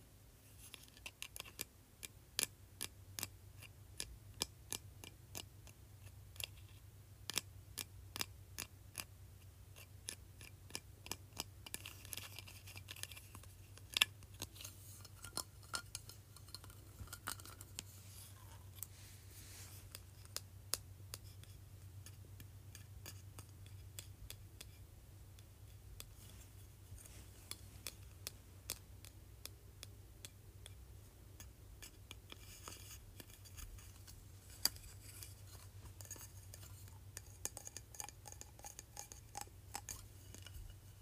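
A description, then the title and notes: Quick, irregular plastic taps click sharply, clustering densely early and thinning later, over a steady low hum. ASMR Tapping Plastic Wand.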